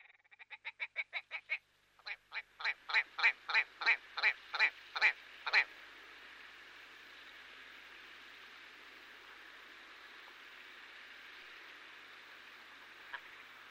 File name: Red Grouse